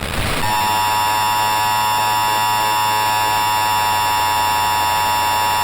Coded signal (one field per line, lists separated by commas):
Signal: Emergency Alert System (SAME) tones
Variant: 853 and 960 Hz attention tone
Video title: World War III - EAS Scenario (Remastered)